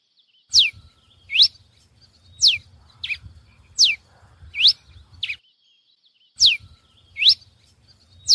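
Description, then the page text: Pileated finch singing quick, bright chirps that sweep steeply up or down, spaced unevenly with a gap of silence before the last three, low background hum beneath. "TICO TICO REI CINZA (Coryphospingus Pileatus)"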